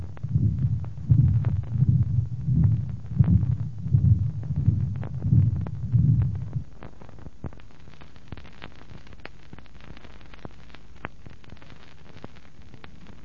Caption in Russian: Сочетании аортального стеноза и аортальной недостаточности. Выражены и систолический, и диастолический шумы.